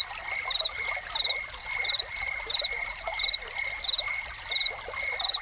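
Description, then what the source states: Cricket chirps, brief high pulses coming at a steady pace over a faint continuous whine, with splashing fountain water filling the background. Crickets recorded together with a fountain.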